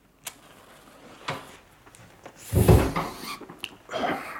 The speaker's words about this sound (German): Machen Sie bitte die Tür zu.